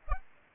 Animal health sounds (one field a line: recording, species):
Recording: mosquito wingbeat signal from an infrared sensor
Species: Aedes aegypti